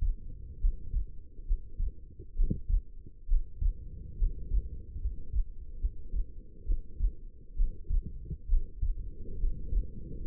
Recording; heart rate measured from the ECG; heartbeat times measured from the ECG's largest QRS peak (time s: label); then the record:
heart sounds by stethoscope; 69 bpm
0.60 s: heartbeat
1.46 s: heartbeat
2.36 s: heartbeat
3.28 s: heartbeat
4.18 s: heartbeat
5.00 s: heartbeat
5.80 s: heartbeat
6.66 s: heartbeat
7.56 s: heartbeat
8.48 s: heartbeat
9.38 s: heartbeat
10.22 s: heartbeat
From the record:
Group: healthy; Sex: female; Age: 19 years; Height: 163 cm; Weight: 51 kg